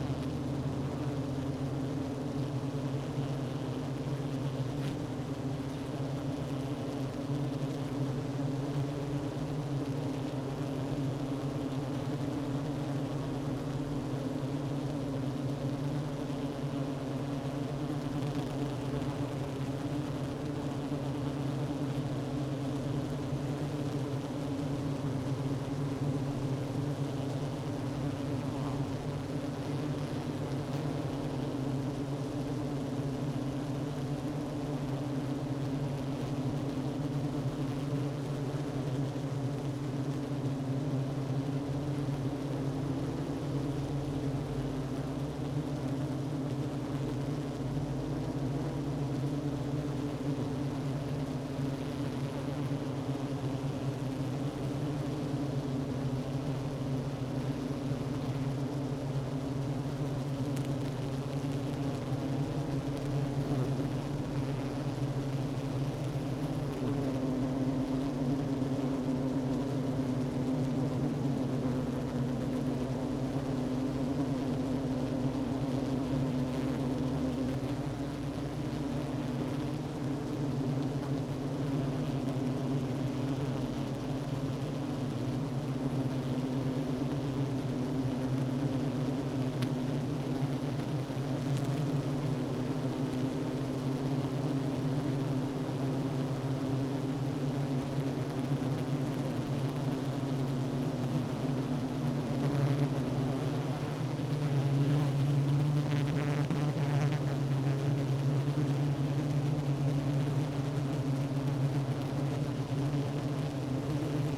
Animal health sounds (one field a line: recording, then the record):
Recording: honeybee colony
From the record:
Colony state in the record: active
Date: 12 June 2018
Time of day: 10:36